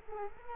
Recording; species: mosquito wingbeat signal from an infrared sensor; Culex quinquefasciatus